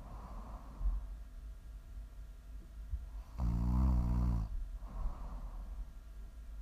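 A single loud, buzzing snore of about one second rises out of quiet breathing, with softer breath sounds before and after. It is ordinary snoring from vibration of the soft tissues of the throat during sleep, offered as ASMR snoring for relaxation.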